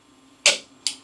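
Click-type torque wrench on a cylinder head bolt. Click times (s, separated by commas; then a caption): 0.5 s. A click-type torque wrench tightens a cylinder head bolt to about 35-40 ft-lb, the second of three tightening steps. It gives a sharp click at 0.5 s, confirming it reached the setting. A second, shorter click follows at 0.9 s.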